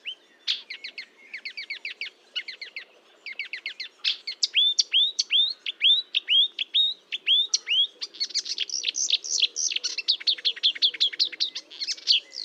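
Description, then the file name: Marsh warbler singing rapid chattering phrases, then a series of clear whistles, followed by a fast, high, rattling flurry of notes. Recorded at Fontaine-Française (Fourneau), France, on 1 June 2022 at 10:55, with a Nagra recorder and Telinga microphone. "Rousserolle verderolle 1055 Fontaine-Francaise-Fourneau"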